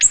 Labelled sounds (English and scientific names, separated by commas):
Ovenbird (Seiurus aurocapilla) flight call